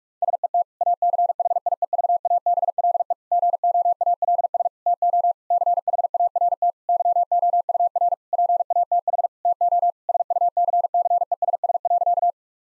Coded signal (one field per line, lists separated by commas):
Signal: Morse code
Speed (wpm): 42 wpm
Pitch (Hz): 700 Hz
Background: none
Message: SET ACHIEVABLE GOALS TO CHART YOUR PATH TO SUCCESS.